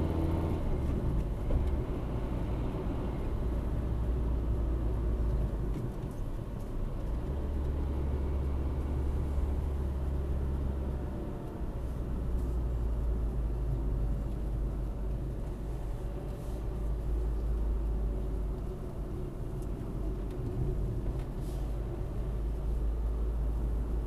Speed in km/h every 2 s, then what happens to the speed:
61, 60, 52, 51, 51, 44, 36, 38, 38, 40, 41, 39.
2-4 brakes to 52. 8-12 brakes to 36. 12-24 steady at about 38.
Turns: 14-19.